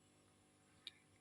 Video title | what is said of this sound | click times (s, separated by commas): DIY chains #invisiblechains #pendantmakingidea#lotusdesign #howtomakechain | తర్వాత గట్టిగా press చేసేసుకుంటే అది లాక్ అయిపోతుంది. | 0.9 s